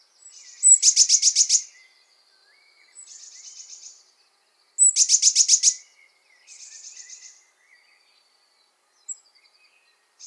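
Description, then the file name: Eurasian blue tit giving high buzzy churring calls, loud bursts around one and five seconds, each followed by a softer rasping phrase; quiet faint chirps elsewhere. "Cyanistes caeruleus"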